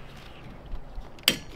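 A wiper blade is pushed up onto the wiper arm of a Mk3 Focus ST until its clip clicks in. After low, quiet handling noise and a couple of faint ticks, a single sharp, bright click sounds at 1.3 s. The blade is seated.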